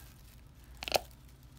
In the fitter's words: that you'll hear a little click it's